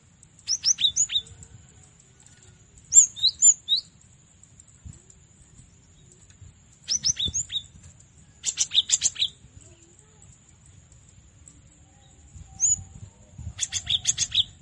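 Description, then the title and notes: Cinereous tit calling in separate bursts of rapid, high, slurred chirps, with stretches of quiet between the bursts. Masteran (training recording for cage birds). "Masteran Gelatik Batu. burung gelatik"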